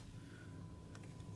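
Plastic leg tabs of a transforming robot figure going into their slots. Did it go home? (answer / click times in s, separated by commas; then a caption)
yes / 0.9 s. Plastic leg tabs on a FansToys FT-47 Rig (Huffer) transforming robot figure are pushed into their slots after the legs are straightened, since they won't go in otherwise. Under a low steady hum, a short sharp click is heard at 0.9 s, with fainter ticks just after. The tabs seat into place.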